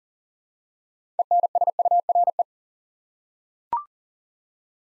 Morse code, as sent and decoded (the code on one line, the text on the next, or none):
. -. ... ..- .-. .
ENSURE